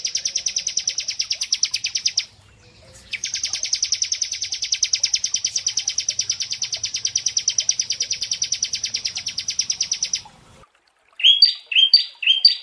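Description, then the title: Prinia song: a long, rapid, buzzy rattling trill held for about seven seconds after a shorter one, then a few sharp, downslurred chips. Prinia song for bird training (masteran) and therapy. "Masteran Terapi Prenjak"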